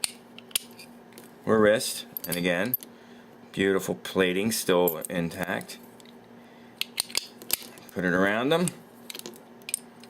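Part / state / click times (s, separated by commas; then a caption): handcuff bow into its lock housing / seated / 9.7 s. Someone talks while the bow of an antique 1876 metal handcuff, its plating still intact, is closed around the wrist or ankle position and pushed into its lock housing. Sharp metallic clicks sound around 6.8 to 7.5 seconds and again from 9.1 seconds, and the ratchet-like clicking ends in a sharp snap at 9.7 and 9.7 seconds as the latch locks and the bow seats.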